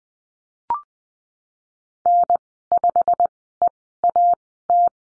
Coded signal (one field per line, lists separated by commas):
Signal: Morse code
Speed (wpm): 20 wpm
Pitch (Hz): 700 Hz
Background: none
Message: N5EAT